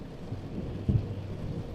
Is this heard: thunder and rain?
yes